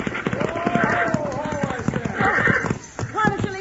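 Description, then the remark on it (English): Rapid, pounding hoofbeats of galloping horses driven by a woman at the reins drum steadily while a man's voice shouts over them, the clatter breaking briefly before resuming more unevenly. “Hey, ma'am! Pull them horses down!”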